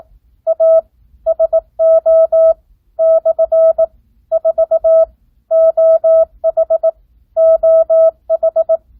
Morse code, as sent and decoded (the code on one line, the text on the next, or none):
.- / ... --- / -..-. / ....- / --- .... / --- ....
A SO / 4 OH OH